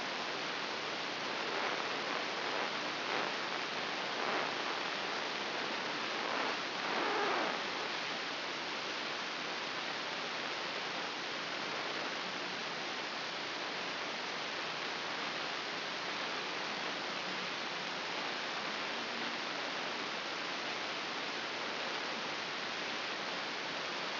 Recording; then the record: brain microelectrode recording played as sound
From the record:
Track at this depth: inside the subthalamic nucleus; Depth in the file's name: 6.707 mm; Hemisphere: left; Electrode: 3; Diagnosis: Parkinson's disease